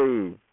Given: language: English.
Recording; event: throat vibration sensor signal played as sound; speech